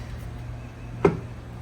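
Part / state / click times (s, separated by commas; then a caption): torque converter onto transmission input shaft splines / not seated / none. A torque converter is spun on the transmission input shaft splines during a new transmission swap into a Chevelle, with a steady low hum underneath. A single short knock at about 1.1 s is the converter bumping against something, not a seating click. Nothing has seated or clicked yet.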